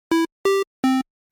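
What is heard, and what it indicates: Three steady electronic beeps at shifting pitches, each starting and stopping abruptly: a typical hospital medical device alarm with a flat amplitude envelope, lacking the sharp upstroke and exponential decay of natural sounds.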